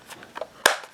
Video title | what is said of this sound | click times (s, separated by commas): Fan power switch replacement | just push it in until it clicks just | 0.7 s